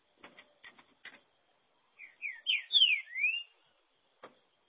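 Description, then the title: Green-winged saltator song, a five-note slurred whistled phrase, rising at its close, after several dry clicking taps. "Trinca Ferro"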